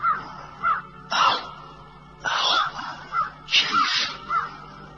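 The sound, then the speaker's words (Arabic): A crow caws several times in harsh, raspy bursts, some clustered in pairs, with short pauses between calls over a low steady background hum, as it enters through an opening in the roof of a hermit's cell carrying a whole loaf of bread. “شايف الغراب داخل من الطاقة اللي بسقف الصومعة.”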